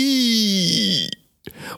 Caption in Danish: Det, der kendetegner kihoste, det er de her sådan serieanfald, hvor man bare hoster. Så kommer der sådan en dyb indånding, hvor man laver sådan en sjov kinelyd. Sygdommen har sit navn, kihoste, det er den kinelyd, de laver, når de trækker vejret ind. Og den er faktisk ret specifik for at have med kihoste at gøre.